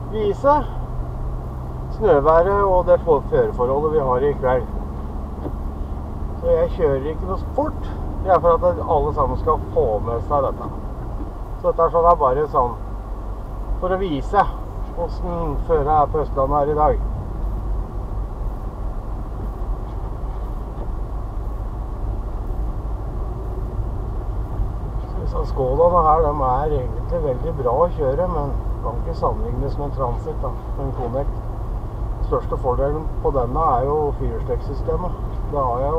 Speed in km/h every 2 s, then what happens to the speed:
27, 29, 31, 33, 34, 36, 34, 35, 36, 37, 37, 38, 38, 39, 39, 40, 39, 39.
0-9 speeds up to 36. 9-36 steady at about 38.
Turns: none.